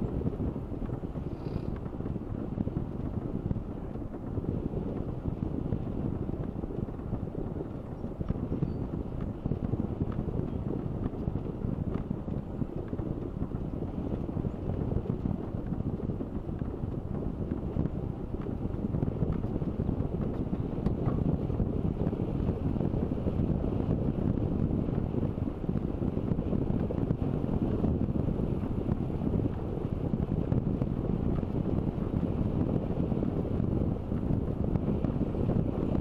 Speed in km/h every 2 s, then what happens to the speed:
22, 22, 21, 20, 22, 21, 21, 22, 21, 22, 23, 21, 23, 22, 23, 23, 24, 25.
0-36 steady at about 22.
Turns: none.